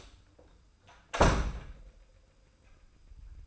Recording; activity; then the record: daily activity, microphone in the room; close door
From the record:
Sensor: 2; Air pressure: 990.2 hPa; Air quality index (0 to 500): 181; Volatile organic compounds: 1000 ppm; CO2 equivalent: 5738 ppm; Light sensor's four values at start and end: 34/80/33/33 and 34/81/33/33